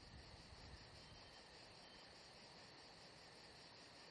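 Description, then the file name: High, quick cricket pulses form a steady chorus, with some low rumbling noise early on beneath them. Atmosphere at Saint-Jean-de-Luz. "Saint Jean De Luz Crickets Atmosphere Only Paul Parker Sven Jungbeck"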